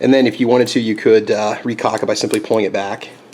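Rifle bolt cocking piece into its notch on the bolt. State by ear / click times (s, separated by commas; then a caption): not seated / none. Someone talks while handling a removed steel bolt from a Carcano rifle, about to pull the cocking piece back to recock it so it locks into its little retaining notch, much like a Mosin Nagant. The clip ends before that happens, so the cocking piece has not yet seated or clicked into the notch.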